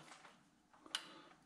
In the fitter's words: yep snapped in I just heard it